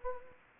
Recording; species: mosquito wingbeat signal from an infrared sensor; Anopheles gambiae